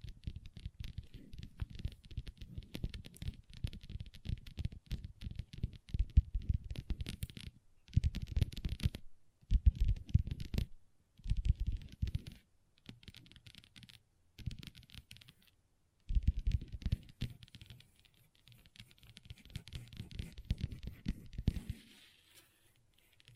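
Long nails tap and scratch across a tabletop in dense, rapid bursts, with strong low thuds under a thin crackly scrape. Bursts of a second or two alternate with short silent gaps, especially between about 8 and 17 seconds, before a longer run that fades near 22 seconds.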